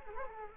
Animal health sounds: mosquito wingbeat signal from an infrared sensor; Culex quinquefasciatus

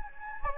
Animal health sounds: mosquito wingbeat signal from an infrared sensor; Anopheles gambiae

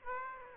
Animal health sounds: mosquito wingbeat signal from an infrared sensor; Aedes aegypti

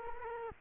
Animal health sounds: mosquito wingbeat signal from an infrared sensor; Culex quinquefasciatus

